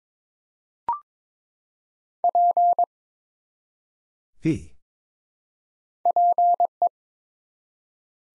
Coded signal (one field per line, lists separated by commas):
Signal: Morse code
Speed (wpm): 22 wpm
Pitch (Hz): 700 Hz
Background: none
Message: P PE